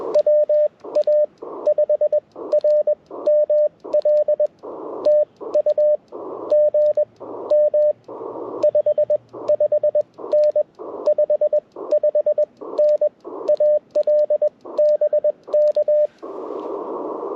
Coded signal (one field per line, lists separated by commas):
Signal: Morse code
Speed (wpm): 21 wpm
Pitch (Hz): 600 Hz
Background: radio noise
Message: WA5RML TU GM 55N 55N AL BK